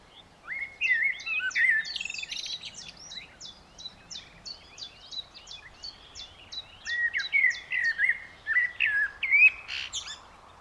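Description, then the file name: Eurasian blackbird giving fluty warbling phrases mixed with quick, high ticking notes. "Turdus merula"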